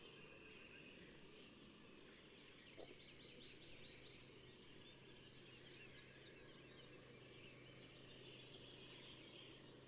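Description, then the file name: Western Bonelli's warbler song, faint short trills given twice with a pause between, over heavy background noise and a low hum. "Pouillot de Bonelli"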